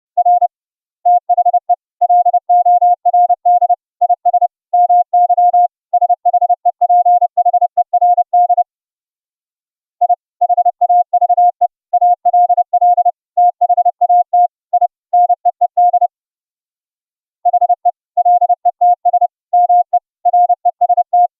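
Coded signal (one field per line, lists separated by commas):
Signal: Morse code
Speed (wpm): 30 wpm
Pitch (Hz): 710 Hz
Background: none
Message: R THE LORD IS MY SHEPHERD I HAVE ALL THAT I NEED HE LETS ME REST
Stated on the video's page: CW audio tones generated by FLdigi software and sent over the internet via UltraGrid with the OPUS codec at 64k.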